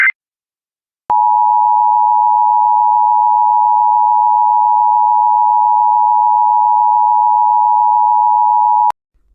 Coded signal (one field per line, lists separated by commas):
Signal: Emergency Alert System (SAME) tones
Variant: 853 and 960 Hz attention tone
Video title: EAS Child Abduction Emergency (Milwaukee AMBER Alert) Southeastern Wisconsin